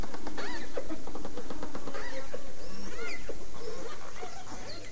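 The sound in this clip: Dolphin sounds: bursts of fast clicks mixed with several short, curving whistles that rise then drop, against constant background hiss.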